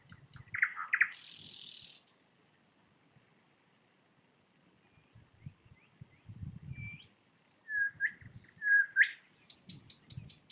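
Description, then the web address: Nightingale song: sliding notes and a harsh buzzy burst, then a pause, sliding whistles and a rapid repeated ending, with low rumbling underneath. Recorded in Poland with a parabolic microphone. "nagranie na paraboloid spiew slowika"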